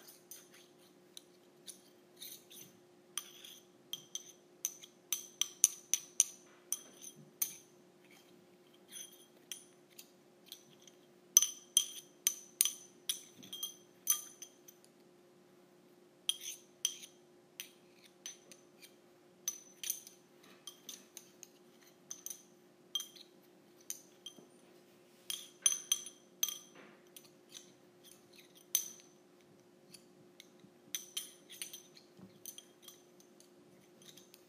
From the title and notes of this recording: ASMR Using Metal Straws.